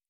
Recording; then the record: hydrophone in a shrimp aquaculture tank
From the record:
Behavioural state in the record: normal